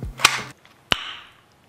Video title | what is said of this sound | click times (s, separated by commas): Custom QVO Tactical Holsters! - Best IWB Appendix and OWB Holsters in the Game! @RogerBarrera | oh that's a nice click but yeah that's a this | 0.9 s